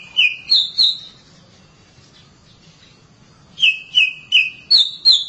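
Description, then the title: Oriental magpie-robin song: three sweet whistled notes, a quiet pause of over two seconds, then five more bright whistles. Long-duration recording. "Kacer Durasi Panjang"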